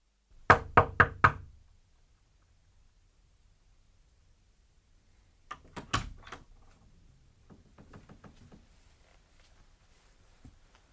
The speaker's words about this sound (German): Ich habe geklopft, Sie haben offenbar nichts gehört.